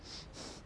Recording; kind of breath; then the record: one breath in and out by a microphone near the nose and mouth; strong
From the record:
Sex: male